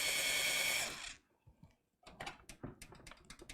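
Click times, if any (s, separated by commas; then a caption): none. A motherboard screw in a computer case standoff is backed out and driven again with a power screwdriver to test whether it will tighten. A steady high whirring runs for about the first second, then after a pause a series of short ratcheting ticks follows from about 2.2 seconds onward. The screw does not tighten and the standoff thread is stripped, so nothing has seated or clicked yet.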